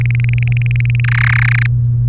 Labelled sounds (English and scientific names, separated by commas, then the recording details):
Domestic Canary (Serinus canaria) song
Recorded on 3 May 2018 at 10:36
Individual llb3